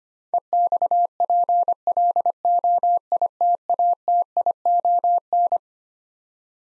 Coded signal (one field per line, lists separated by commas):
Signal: Morse code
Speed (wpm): 25 wpm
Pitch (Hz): 700 Hz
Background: none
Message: EXPLOITATION